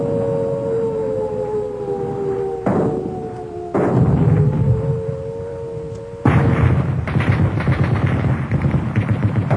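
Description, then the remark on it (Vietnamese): A wavering alarm siren, heard amid rain and wind, gives way to a dense barrage of gunfire and artillery: rapid crackling shots like popping corn mixed with heavy thudding blasts of medium artillery, loud and continuous with no voices. “Tôi như choàng tỉnh khỏi một cơn mơ khi những tiếng nổ rền như bắp rang của súng đạn, những tiếng bọp bọp của trung pháo, tiếng cùng cùng của đại liên, tiếng ùng ục của đại pháo.”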